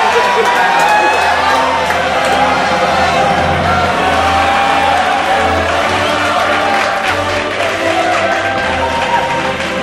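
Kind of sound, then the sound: crowd, crowd applauding and cheering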